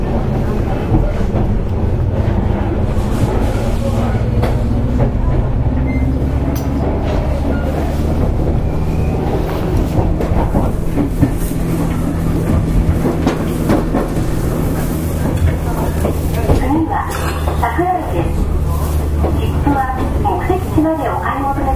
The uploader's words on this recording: JR西日本 105系電車の走行音です。 万葉まほろば線（桜井線）のワンマン普通列車で録音しました。 区間は、奈良から畝傍までです。 Running sound of JR West 105 series train.